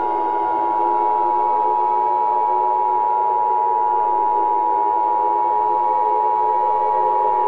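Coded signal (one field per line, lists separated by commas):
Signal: Emergency Alert System (SAME) tones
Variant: 853 and 960 Hz attention tone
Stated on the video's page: Preview of a fictional EAS scenario.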